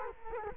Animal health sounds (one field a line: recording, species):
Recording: mosquito wingbeat signal from an infrared sensor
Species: Culex quinquefasciatus